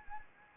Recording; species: mosquito wingbeat signal from an infrared sensor; Anopheles arabiensis